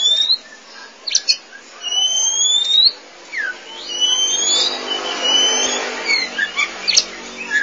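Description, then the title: Oriental magpie-robin giving long clear whistles, some level and some rising, broken by a few sharp notes over faint background hiss. "Suara Kicauan Burung Kacer"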